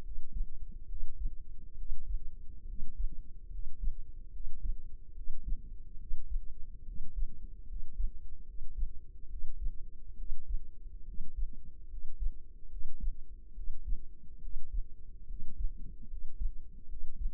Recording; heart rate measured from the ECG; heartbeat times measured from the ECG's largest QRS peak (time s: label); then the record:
heart sounds by microphone in the left ear; 71 bpm
0.01 s: heartbeat
0.86 s: heartbeat
1.75 s: heartbeat
2.64 s: heartbeat
3.48 s: heartbeat
4.30 s: heartbeat
5.12 s: heartbeat
5.96 s: heartbeat
6.83 s: heartbeat
7.65 s: heartbeat
8.43 s: heartbeat
9.27 s: heartbeat
10.15 s: heartbeat
11.03 s: heartbeat
11.87 s: heartbeat
12.68 s: heartbeat
13.53 s: heartbeat
14.39 s: heartbeat
15.25 s: heartbeat
16.06 s: heartbeat
16.86 s: heartbeat
From the record:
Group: healthy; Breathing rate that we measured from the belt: 14 breaths a minute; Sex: male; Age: 20 years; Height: 167 cm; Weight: 61 kg